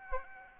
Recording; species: mosquito wingbeat signal from an infrared sensor; Aedes aegypti